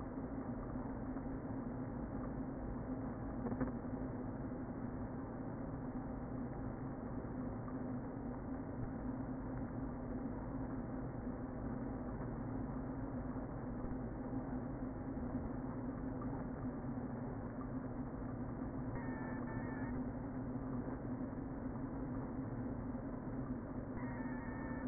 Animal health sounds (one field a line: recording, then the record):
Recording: honeybee colony, microphone inside the hive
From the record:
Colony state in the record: queen present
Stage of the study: before two queens were removed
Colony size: about 60,000 bees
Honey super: yes